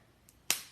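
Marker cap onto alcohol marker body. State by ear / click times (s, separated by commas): seated / 0.5 s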